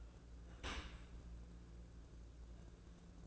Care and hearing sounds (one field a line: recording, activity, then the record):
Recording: daily activity, microphone in the room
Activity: open dishwasher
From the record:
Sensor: 2